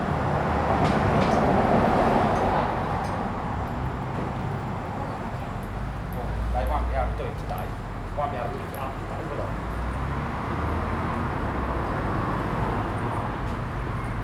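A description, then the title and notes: Steady street ambience outside a small bar in a narrow street, with a murmur of voices, passing footsteps and a low rumble of traffic. Street bar. Captured on the pavement outside a small bar in a narrow street. Daylight is running out as people return home after shopping in the city. The street is decorated with Christmas lights along the length.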